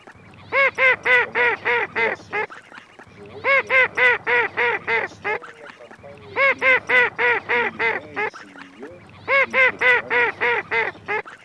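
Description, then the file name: Mallard quacks: four runs of about nine loud, nasal quacks each, separated by pauses of about a second. For an electronic duck-hunting decoy caller. "Кряква"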